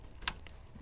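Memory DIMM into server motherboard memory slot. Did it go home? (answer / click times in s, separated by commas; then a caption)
yes / 0.3 s. A DDR3 server memory module (DIMM) is pressed down into a server motherboard memory slot in a Dell PowerEdge T320 until the slot's retention clips snap shut. A sharp, bright click is heard at 0.3 s, followed by a fainter tick at about 0.5 s. The module is fully seated.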